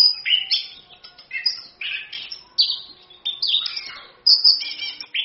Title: Anis Kembang 5. ANIS KEMBANG GACOR, ANIS KEMBANG NGEROL, PANCINGAN ANIS KEMBANG BIAR BUNYI